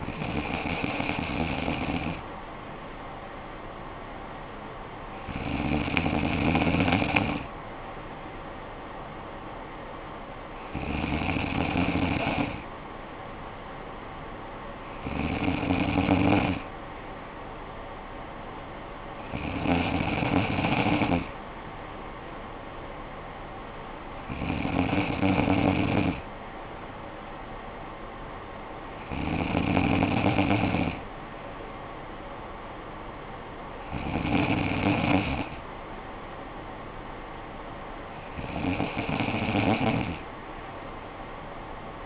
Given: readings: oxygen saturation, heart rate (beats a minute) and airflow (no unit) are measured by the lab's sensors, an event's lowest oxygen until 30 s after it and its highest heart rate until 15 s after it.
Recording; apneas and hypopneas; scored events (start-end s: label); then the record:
breathing in sleep by a voice recorder at the bedside; none
none scored
From the record:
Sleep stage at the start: N2 (light sleep); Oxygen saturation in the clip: 94 to 95%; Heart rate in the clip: 53 to 57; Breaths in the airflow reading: 9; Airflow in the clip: -9.2 to 6.2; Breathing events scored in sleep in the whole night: 445 in 7.6 hours asleep